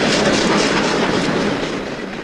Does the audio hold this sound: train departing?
yes